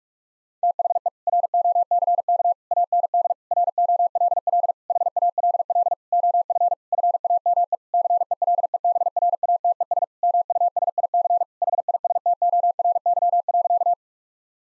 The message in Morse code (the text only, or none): THE ROCK AND ROLL HALL OF FAME CELEBRATES MUSIC HISTORY.